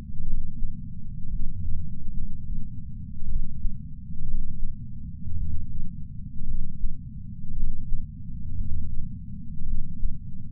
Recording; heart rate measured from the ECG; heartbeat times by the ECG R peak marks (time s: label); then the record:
heart sounds by patch sensor on the chest; 57 bpm
0.23 s: heartbeat
1.28 s: heartbeat
2.11 s: heartbeat
3.25 s: heartbeat
4.23 s: heartbeat
5.35 s: heartbeat
6.44 s: heartbeat
7.52 s: heartbeat
8.54 s: heartbeat
9.63 s: heartbeat
From the record:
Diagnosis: coronary artery disease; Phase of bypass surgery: postoperative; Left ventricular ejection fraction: 49.7%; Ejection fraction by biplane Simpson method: 50.5%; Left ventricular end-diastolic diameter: 55 mm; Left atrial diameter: 40 mm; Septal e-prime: 5.2 cm/s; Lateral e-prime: 9 cm/s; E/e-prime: 14.4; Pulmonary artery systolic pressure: 28 mmHg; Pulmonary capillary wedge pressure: 8 mmHg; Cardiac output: 4.15 L/min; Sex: male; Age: 73 years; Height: 165 cm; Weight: 70 kg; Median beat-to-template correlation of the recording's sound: 0.92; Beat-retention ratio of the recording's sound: 1.00